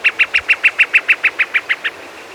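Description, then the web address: Andean snipe call: a steady, rapid series of about thirteen short, clipped notes, fading slightly at the end. Recorded in Ecuador. "Birds of Ecuador. Andean Snipe"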